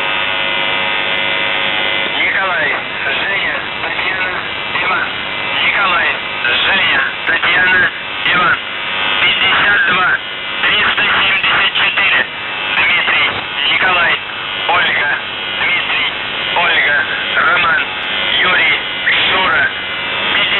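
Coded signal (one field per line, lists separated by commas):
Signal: numbers station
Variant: UVB-76, Russian voice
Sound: a male voice reading a message over a narrow, noisy shortwave channel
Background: radio static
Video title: The Buzzer/UVB-76(4625Khz) May 22nd, 2023 Voice messages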